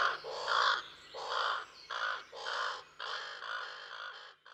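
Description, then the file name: Common raven calls, several hoarse croaking caws in quick succession, each harsh and broad, slightly weakening toward the end. "Common Raven (Corvus corax)"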